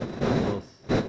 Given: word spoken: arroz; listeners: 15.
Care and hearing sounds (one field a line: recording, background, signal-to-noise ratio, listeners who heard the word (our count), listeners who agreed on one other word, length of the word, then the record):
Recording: one Spanish word in noise, from a listening test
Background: noise modulated by one talker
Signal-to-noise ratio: -8.2 dB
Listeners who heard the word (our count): 4 of 15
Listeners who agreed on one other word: 6 of 15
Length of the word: 0.69 s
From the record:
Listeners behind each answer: 6, 4, 2, 1, 1, 1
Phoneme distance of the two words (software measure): 17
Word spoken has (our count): 2 syllables, 4 phonemes, stress on syllable 2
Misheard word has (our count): 1 syllable, 3 phonemes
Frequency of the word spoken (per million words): 33.41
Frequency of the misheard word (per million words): 229.30